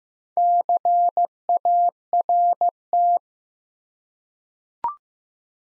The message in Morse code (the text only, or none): CART